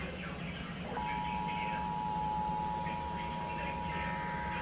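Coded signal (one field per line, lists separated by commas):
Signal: Emergency Alert System (SAME) tones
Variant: 853 and 960 Hz attention tone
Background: speech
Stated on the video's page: Severe thunderstorm warning received on a Radioshack 12-519 weather radio and a Trilithic EASyCAP.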